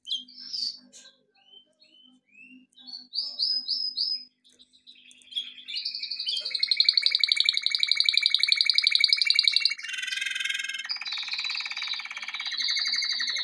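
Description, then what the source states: Canary song opening with scattered chirps and short upslurred whistles, then a long loud buzzy trill and a harsh rapid rolling tour, followed by another fast trill. Song used for training.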